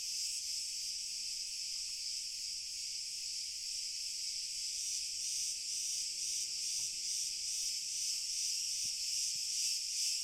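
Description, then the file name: High cricket chorus pulsing in regular waves, slowly swelling, with faint low hums and a few soft clicks underneath. Pure cricket chorus, slowly increasing in intensity. "Grillen Chor Pur Steigerung Langsam"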